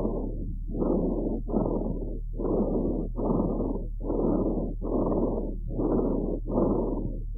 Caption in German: Fohlen mit Bronchitis sind wegen der oft kürzeren Krankheitsdauer an Lunge und Trachea häufiger feuchte Rasselgeräusche hörbar. Ein feuchtes Rasselgeräusch über der Trachea.